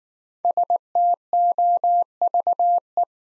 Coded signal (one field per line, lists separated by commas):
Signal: Morse code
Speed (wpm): 19 wpm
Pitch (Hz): 700 Hz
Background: none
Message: STOVE